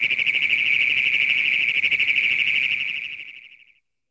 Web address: Frog Calls Bufo cognatus - Great Plains Toad